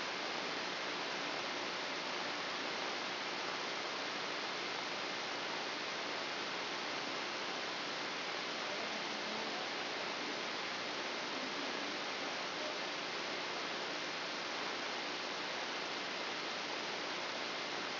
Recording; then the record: brain microelectrode recording played as sound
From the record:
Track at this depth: outside the subthalamic nucleus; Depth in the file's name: 7.504 mm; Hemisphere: left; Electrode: 2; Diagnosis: Parkinson's disease